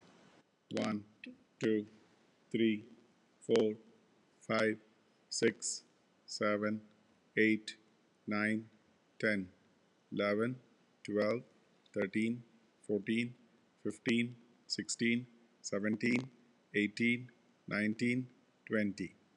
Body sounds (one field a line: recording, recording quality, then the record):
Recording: counting at a normal pace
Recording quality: excellent, no background noise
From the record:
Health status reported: healthy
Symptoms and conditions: none ticked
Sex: male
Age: 42 years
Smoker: yes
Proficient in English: yes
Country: India